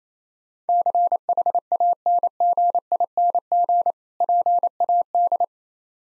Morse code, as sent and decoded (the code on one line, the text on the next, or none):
-.-. .... .- -. --. .. -. --. / .--. .- -..
CHANGING PAD